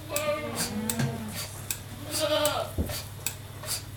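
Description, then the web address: Goat bleats, two wavering harmonic cries, over steady rhythmic hissing pulses from a milking machine and a low constant hum. Domestic goat being milked by machine; livestock. "The BBC Sound Effects Library. Goat Milked by Machine"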